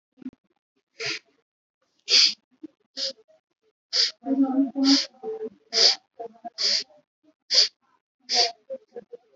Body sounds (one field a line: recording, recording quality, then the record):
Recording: shallow breathing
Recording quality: excellent, no background noise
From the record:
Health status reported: COVID-19 positive, no symptoms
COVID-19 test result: positive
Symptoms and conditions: none ticked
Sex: male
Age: 44 years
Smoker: not ticked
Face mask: worn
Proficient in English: no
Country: India